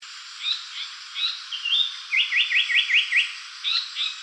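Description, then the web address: Japanese paradise flycatcher song: a few short chirps, then a quick series of about six notes, followed by two more chirps. Recorded 8 July 2013. "birdenaga sankoutyou"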